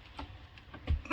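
A Shark Bite push-fit fitting is pushed onto the valve supply pipe for a faucet, up to a marked depth, with a few faint ticks along the way. It clicks at 1.1 s as it seats fully onto the pipe and the depth mark disappears into the fitting.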